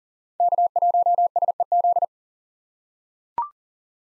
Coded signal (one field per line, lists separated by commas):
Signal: Morse code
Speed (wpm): 39 wpm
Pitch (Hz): 700 Hz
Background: none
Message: K1SEZ